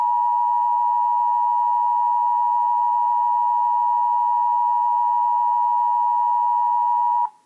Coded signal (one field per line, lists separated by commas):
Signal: Emergency Alert System (SAME) tones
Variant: 853 and 960 Hz attention tone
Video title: EAS 594 TOR NWS Milwaukee/Sullivan